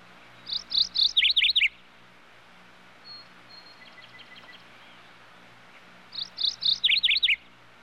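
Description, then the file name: Birds singing: a high bright phrase of clipped notes ending in rapid descending chirps, heard twice, with soft faint notes in the gap over a low hum. Various bird species heard together as a general ambience. "raznie ptici obshaya atmosfera"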